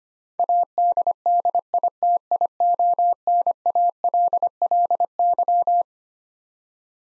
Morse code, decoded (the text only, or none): ADDITIONALLY